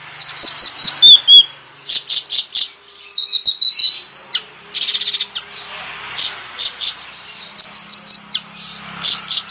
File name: Suara Siri Siri Besar Tembakan Tajam Untuk Masteran